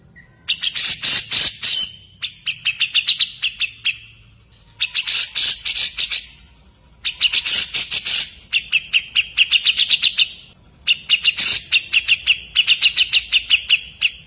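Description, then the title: Grey-cheeked bulbul: harsh, chattering phrases of rapid squawky notes, delivered in bursts separated by short pauses. "MASTERAN CUCAK JENGGOT"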